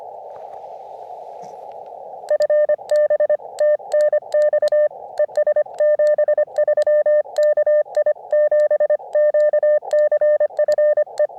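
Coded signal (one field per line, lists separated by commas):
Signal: Morse code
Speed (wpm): 25 wpm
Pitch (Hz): 600 Hz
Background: radio noise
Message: FB TNX ES 73 KI7QCF E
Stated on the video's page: CW during a summit (SOTA) activation, sent with a Zippy Paddle on an Elecraft KX2.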